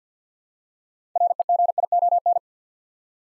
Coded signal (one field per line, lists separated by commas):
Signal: Morse code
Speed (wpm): 50 wpm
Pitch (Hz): 700 Hz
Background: none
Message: REGION